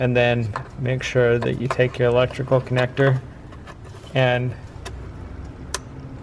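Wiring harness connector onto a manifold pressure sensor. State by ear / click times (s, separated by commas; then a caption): seated / 5.7 s. A wiring harness electrical connector is pushed back onto a new plastic manifold pressure sensor on a Ford while someone talks. After the talking stops, a faint tick comes at 4.9 seconds, then a sharp snap at 5.7 seconds as the connector seats.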